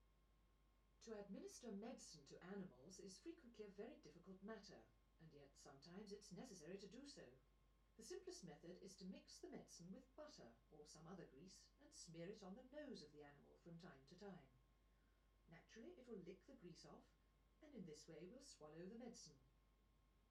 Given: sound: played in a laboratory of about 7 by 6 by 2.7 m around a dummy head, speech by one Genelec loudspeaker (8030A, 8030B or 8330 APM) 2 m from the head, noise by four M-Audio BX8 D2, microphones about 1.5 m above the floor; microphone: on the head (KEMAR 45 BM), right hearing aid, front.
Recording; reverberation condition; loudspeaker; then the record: female speech in English; low; 120 degrees to the left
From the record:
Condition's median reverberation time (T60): about 310 ms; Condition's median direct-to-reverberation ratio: about 3.5 dB